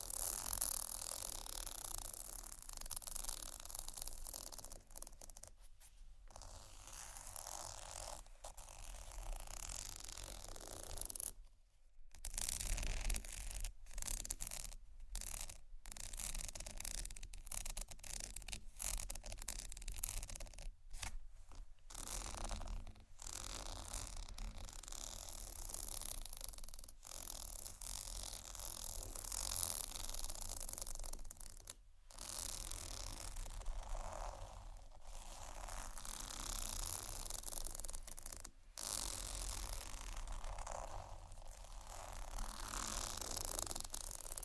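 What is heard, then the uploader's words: Tapping and scratching on bags goes on without letup, a dense, rustling crinkle with quick irregular taps and scrapes. Brief silent gaps break the texture now and then, clustered around 6, 11–15, 21 and 32 seconds. A faint low hum runs underneath throughout. ASMR Tappingscratching Galore 4 Bags (No Talking).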